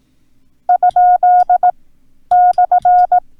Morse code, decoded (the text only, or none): ?/